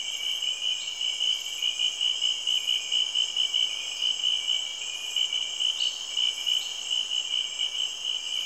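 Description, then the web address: Insect chorus, a continuous high-pitched pulsing trill with a second, higher whine, and occasional brief upswept chirps over it. Insects recorded in the natural world of Cameroon, Africa. "BBC Sound Effects Library BBC 30-Africa - Natural World Cameroun, Insects And Frogs"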